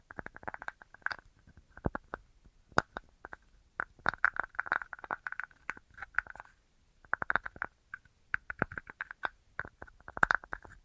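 Quick tapping on assorted objects comes in irregular bursts of rapid, sharp clicks, with brief pauses near six and seven seconds. The taps have a hollow, slightly ringing midrange tone, and some strikes land harder and brighter than others.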